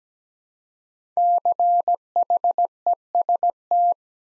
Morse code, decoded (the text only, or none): CHEST